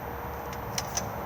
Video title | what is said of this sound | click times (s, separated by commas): 48537 Auto-Sleeper 2021 Broadway EL / SE outside handover | come across and snap into place to give it some more strength | 0.8 s, 1.0 s